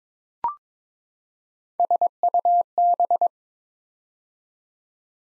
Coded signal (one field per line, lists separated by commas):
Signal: Morse code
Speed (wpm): 22 wpm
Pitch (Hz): 700 Hz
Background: none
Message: SUB